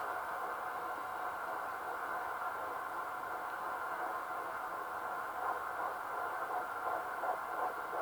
Babys heartbeat. It sounds exactly right. About 160. Beautiful regular rhythm.